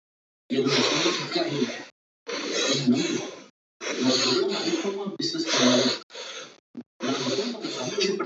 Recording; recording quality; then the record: shallow breathing; moderate, slight background noise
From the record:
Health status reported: healthy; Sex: male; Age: 44 years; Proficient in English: yes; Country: India